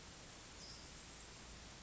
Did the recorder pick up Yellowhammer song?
no